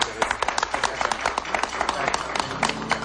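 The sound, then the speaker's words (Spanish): An audience applauds steadily for a few seconds for guests on a program, a dense, crackling wash of many hands clapping at once with a few sharper claps standing out from the mass. “Venga, el aplauso.”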